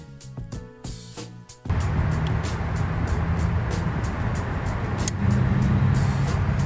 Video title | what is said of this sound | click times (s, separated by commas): HOW TO: Jeep Cherokee Ignition Coil Replacement, Full Tutorial w/ Subtitles | Heard it click. | 5.1 s